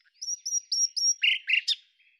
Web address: cianscape birddata Deverinetal 2025 Bird Lu Me